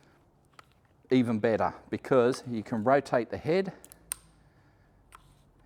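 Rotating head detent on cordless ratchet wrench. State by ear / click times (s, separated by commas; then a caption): seated / 4.1 s. Someone talks while rotating the pivoting head of a cordless Ryobi ratchet wrench, and a sharp click at 4.1 s marks the head locking into its detent. The head locks into place at each 90 degrees, and a fainter click follows at 5.2 s.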